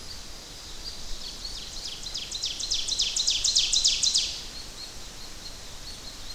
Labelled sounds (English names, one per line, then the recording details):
Ovenbird song
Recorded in boreal forest in Alberta, Canada, on 10 June 2016 at 08:57
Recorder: SongMeter 3, array SBT-3-39
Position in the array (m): 270 m, 158 m
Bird 19